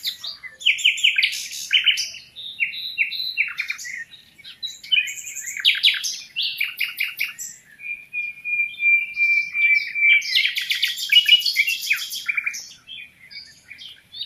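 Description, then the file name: Common nightingale song of varied quick notes and chirps, a long steady pure whistle, then a burst of loud rapid repeated notes and scattered phrases. "Luscinia megarhynchos"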